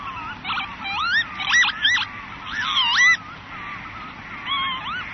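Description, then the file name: Northern lapwing calls: wheezy, slurred 'pee-wit' notes rising and falling, several in quick succession, with a soft background hiss. "kievit"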